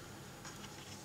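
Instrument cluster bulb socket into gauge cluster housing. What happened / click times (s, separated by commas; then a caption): Handled, not yet home: the bulb socket is being fitted but has not snapped in / none. An instrument cluster bulb socket for a 1984–1989 Corvette is handled at the gauge cluster housing, where it is meant to be pressed in and turned about 1/16 turn clockwise until it snaps into place. Only a steady low background hiss with faint, soft handling noises around 0.4–0.7 s is heard. Nothing has seated or clicked yet.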